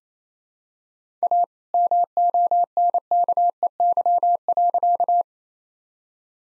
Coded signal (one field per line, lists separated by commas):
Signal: Morse code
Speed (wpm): 27 wpm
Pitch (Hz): 700 Hz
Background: none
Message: A MONKEY.